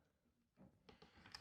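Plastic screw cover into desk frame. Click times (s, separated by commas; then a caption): 1.3 s. A plastic screw cover is pressed onto a desk frame, giving soft rubbing and pressing sounds, then a sharp click at 1.4 s. The cover still does not go fully home and needs to go in further.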